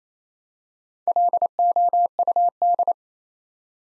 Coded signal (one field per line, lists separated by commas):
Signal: Morse code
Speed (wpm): 27 wpm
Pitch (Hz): 700 Hz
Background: none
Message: LOUD